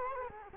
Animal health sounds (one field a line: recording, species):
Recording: mosquito wingbeat signal from an infrared sensor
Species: Culex quinquefasciatus